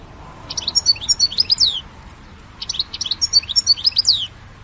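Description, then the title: European goldfinch song in two quick bursts of bright, liquid twittering notes with sweeping slurs, high and fast, with a pause between them. "Chant Chardonneret"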